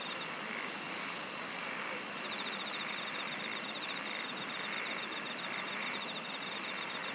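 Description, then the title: Insects singing in a dense, steady chorus, with a thin, very high pulsed trill running through the first half and a lower rapid ticking trill joining midway. "SINGING OF INSECTS"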